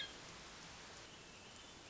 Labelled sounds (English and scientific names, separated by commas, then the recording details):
Hermit Thrush (Catharus guttatus)
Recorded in Sonoma County, California